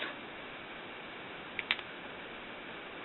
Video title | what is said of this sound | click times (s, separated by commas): Nettoyage plume Rapidograph 2/2 | allez entendre un petit clic c'est ce qui vous dit que elle est bien en place | 1.6 s, 1.7 s